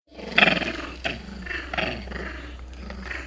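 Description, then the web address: Long-tailed macaques shrieking and growling: a loud harsh burst early on, then rougher, broken shrieks and growls that continue more softly. Several individuals shrieking and growling in jungle. "Tom Hutchings Nature Jungle Animal Monkey Several Long Tailed Macaques Shrieking Growling"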